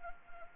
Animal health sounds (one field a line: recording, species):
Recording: mosquito wingbeat signal from an infrared sensor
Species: Anopheles arabiensis